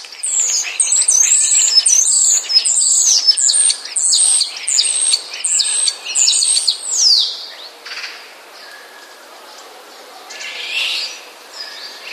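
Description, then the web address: Common starling song: fast run of repeated high chirping notes for about seven seconds, then fading into quieter scattered sounds and a brief rushing burst. Starlings mimicking sounds borrowed from sparrows. "wroblowe zapozyczenia szpaki"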